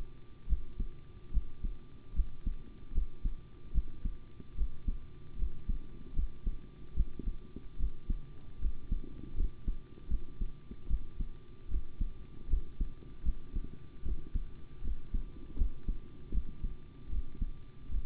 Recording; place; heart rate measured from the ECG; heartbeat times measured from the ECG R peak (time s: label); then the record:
heart sounds by stethoscope; between the tricuspid and mitral areas; 76 bpm
0.47 s: heartbeat
1.31 s: heartbeat
2.14 s: heartbeat
2.92 s: heartbeat
3.72 s: heartbeat
4.55 s: heartbeat
5.37 s: heartbeat
6.14 s: heartbeat
6.94 s: heartbeat
7.77 s: heartbeat
8.59 s: heartbeat
9.35 s: heartbeat
10.09 s: heartbeat
10.88 s: heartbeat
11.69 s: heartbeat
12.48 s: heartbeat
13.23 s: heartbeat
14.03 s: heartbeat
14.82 s: heartbeat
15.56 s: heartbeat
16.32 s: heartbeat
17.10 s: heartbeat
17.89 s: heartbeat
From the record:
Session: rest, sitting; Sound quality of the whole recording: good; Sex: male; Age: 25 years